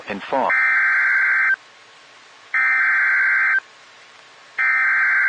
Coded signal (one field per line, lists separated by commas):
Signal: Emergency Alert System (SAME) tones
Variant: header bursts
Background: speech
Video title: SVR on KHB37 (EAS #148)